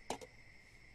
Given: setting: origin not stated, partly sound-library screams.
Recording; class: one-second piece from a danger detection set; normal situation